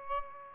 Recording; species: mosquito wingbeat signal from an infrared sensor; Aedes albopictus